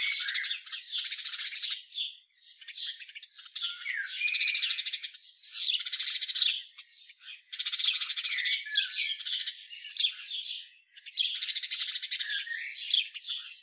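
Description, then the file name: House sparrow calls in dense bursts of harsh, rattling chirps and squeaks, grouped into repeated clusters with short gaps between. "Passer domesticus"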